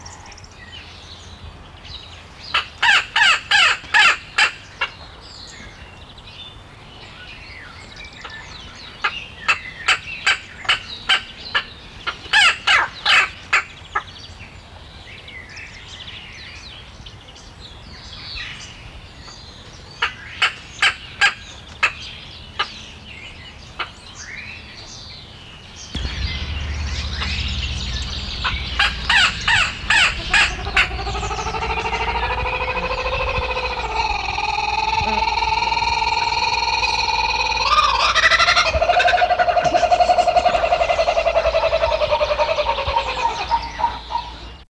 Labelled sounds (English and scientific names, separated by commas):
Collared Brushturkey (Talegalla jobiensis) call